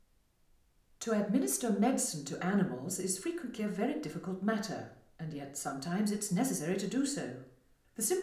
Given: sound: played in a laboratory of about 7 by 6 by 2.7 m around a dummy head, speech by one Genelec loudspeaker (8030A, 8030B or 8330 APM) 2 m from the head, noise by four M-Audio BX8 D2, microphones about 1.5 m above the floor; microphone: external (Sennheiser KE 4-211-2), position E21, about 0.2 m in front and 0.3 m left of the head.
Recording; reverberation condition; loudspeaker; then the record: female speech in English; medium; 30 degrees to the left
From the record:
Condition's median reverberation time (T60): about 510 ms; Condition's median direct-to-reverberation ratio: about -0.5 dB